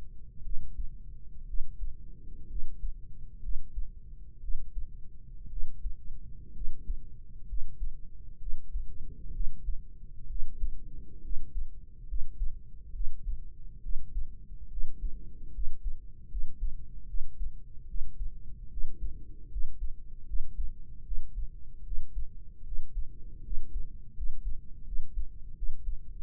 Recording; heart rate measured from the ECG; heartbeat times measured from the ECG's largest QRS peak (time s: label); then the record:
heart sounds by microphone in the right ear; 69 bpm
0.40 s: heartbeat
1.44 s: heartbeat
2.46 s: heartbeat
3.39 s: heartbeat
4.38 s: heartbeat
5.47 s: heartbeat
6.51 s: heartbeat
7.44 s: heartbeat
8.36 s: heartbeat
9.30 s: heartbeat
10.25 s: heartbeat
11.19 s: heartbeat
12.04 s: heartbeat
12.90 s: heartbeat
13.79 s: heartbeat
14.67 s: heartbeat
15.50 s: heartbeat
16.26 s: heartbeat
17.04 s: heartbeat
17.84 s: heartbeat
18.67 s: heartbeat
19.47 s: heartbeat
20.23 s: heartbeat
21.02 s: heartbeat
21.81 s: heartbeat
22.62 s: heartbeat
23.40 s: heartbeat
24.12 s: heartbeat
24.82 s: heartbeat
25.53 s: heartbeat
From the record:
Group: healthy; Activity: rest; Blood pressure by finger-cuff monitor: 107/69 mmHg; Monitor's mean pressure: 80 mmHg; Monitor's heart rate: 65 bpm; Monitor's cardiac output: 5 L/min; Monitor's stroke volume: 80 mL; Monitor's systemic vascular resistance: 1130 dyn s/cm5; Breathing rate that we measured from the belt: 14 breaths a minute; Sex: female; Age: 23 years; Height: 160 cm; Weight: 50.4 kg